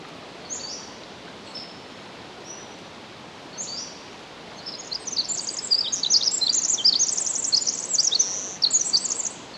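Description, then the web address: Pacific wren song: scattered short high notes at first, then a dense, rapid run of thin tinkling trills building over the last four seconds. Recorded 10 July 2011 at 06:35. "ear jh-20110710-0635 pacific-wren"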